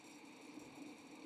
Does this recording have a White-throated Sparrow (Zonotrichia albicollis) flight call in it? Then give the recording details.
no. No flight call is heard. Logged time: 09:52 on 2 November 2014